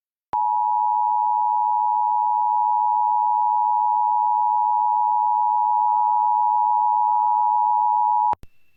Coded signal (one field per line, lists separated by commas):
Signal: Emergency Alert System (SAME) tones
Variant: 853 and 960 Hz attention tone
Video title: [SAFE] Child Abduction Emergency on WMCN-TV [EAS #1,419]